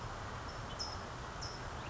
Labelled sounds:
California Towhee

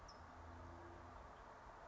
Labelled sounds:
California Towhee

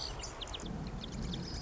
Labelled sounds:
Marsh Wren

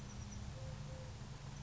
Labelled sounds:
Eurasian Collared Dove

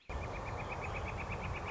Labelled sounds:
Northern Flicker

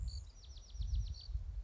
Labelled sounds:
Bewick's Wren

